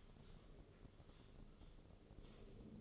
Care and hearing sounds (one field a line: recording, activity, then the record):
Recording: daily activity, microphone in the room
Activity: typing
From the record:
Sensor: 4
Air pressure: 996.0 hPa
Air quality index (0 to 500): 64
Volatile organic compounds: 2 ppm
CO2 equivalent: 1142 ppm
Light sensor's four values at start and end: 14/38/14/14 and 14/38/14/14